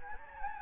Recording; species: mosquito wingbeat signal from an infrared sensor; Anopheles gambiae